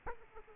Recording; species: mosquito wingbeat signal from an infrared sensor; Aedes aegypti